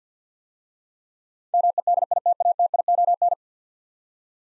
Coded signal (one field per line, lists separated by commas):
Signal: Morse code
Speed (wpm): 50 wpm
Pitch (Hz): 700 Hz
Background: none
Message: MEDITATION